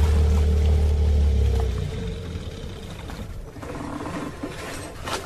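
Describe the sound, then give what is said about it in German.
A motorboat engine drones with a loud, low rumble for almost two seconds, then the boat is stopped and the engine cuts out and winds down, leaving a softer wash of water and mechanical rattling. “Peter sagt, du sollst das Boot stoppen. Sofort!”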